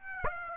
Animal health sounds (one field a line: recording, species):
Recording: mosquito wingbeat signal from an infrared sensor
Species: Aedes aegypti